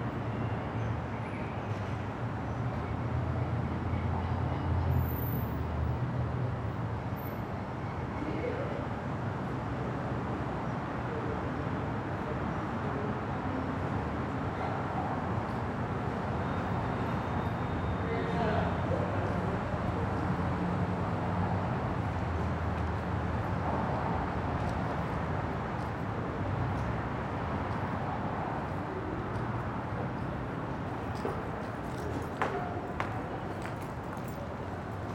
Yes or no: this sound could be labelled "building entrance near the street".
yes